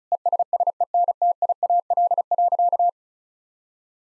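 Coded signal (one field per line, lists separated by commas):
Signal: Morse code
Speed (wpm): 36 wpm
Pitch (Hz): 700 Hz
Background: none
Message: ESSENTIAL.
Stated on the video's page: Morse code practice sentences of common six-word phrases sent at 35 wpm, for head-copy training.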